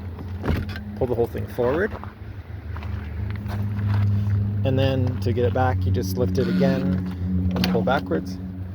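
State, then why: Not seated. Someone talks while the second-row seat of a 2015–2021 Kia Sedona minivan is handled; its arm is lifted and the seat slides along its floor track, with short knocks and rattles over a steady low hum. Nothing has seated or clicked yet; the seat latch has not locked into the track.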